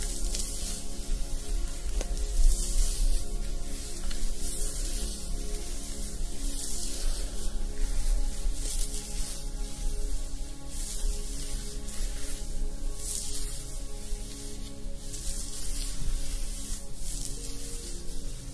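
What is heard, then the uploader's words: Scalp massage with soft rubbing and spray-like hissing in repeated bright bursts every second or two over a steady low hum. ASMR Super RELAXING Scalp Massage & Treatment ~ layered sounds and personal attention.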